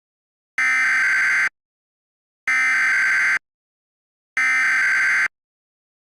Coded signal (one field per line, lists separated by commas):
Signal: Emergency Alert System (SAME) tones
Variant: header bursts